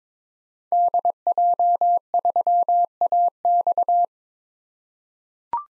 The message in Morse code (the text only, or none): DJ3AX